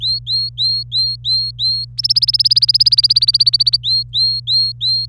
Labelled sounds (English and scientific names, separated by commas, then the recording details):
Domestic Canary (Serinus canaria) song
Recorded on 25 April 2018 at 17:42
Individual llb3